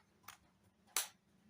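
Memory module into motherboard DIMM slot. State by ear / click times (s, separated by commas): seated / 0.3 s, 1.0 s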